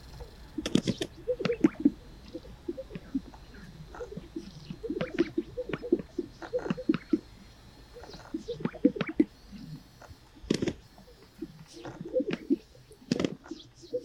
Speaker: And hear the sound of the greater sage grouse, a once abundant resident of the American West, whose numbers have diminished by almost 90%.